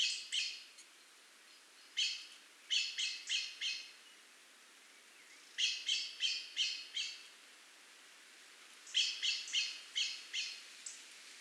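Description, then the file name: Eurasian blackbird uttering bursts of several rasping chack notes, separated by pauses of a few seconds. "Turdus merula"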